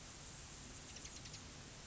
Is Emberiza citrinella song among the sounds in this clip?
no